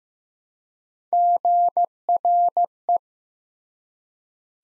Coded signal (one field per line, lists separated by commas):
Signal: Morse code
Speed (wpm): 15 wpm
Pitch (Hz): 700 Hz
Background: none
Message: GRE